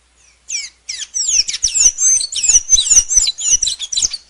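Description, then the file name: Blue dacnis song, a fast, continuous run of high, thin, squeaky twittering notes lasting about four seconds. "canto da pipira azul"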